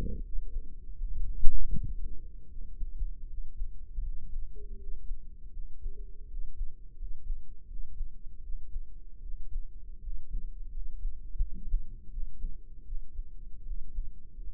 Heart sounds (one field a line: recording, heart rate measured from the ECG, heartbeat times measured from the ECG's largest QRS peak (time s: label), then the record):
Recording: heart sounds by microphone in the right ear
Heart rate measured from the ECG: 80 bpm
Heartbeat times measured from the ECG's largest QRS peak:
0.20 s: heartbeat
0.95 s: heartbeat
1.71 s: heartbeat
2.47 s: heartbeat
3.26 s: heartbeat
4.00 s: heartbeat
4.75 s: heartbeat
5.50 s: heartbeat
6.25 s: heartbeat
6.94 s: heartbeat
7.65 s: heartbeat
8.40 s: heartbeat
9.20 s: heartbeat
9.99 s: heartbeat
10.69 s: heartbeat
11.38 s: heartbeat
12.08 s: heartbeat
12.83 s: heartbeat
13.63 s: heartbeat
14.37 s: heartbeat
From the record:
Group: healthy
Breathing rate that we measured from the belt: 17 breaths a minute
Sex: male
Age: 20 years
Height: 167 cm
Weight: 61 kg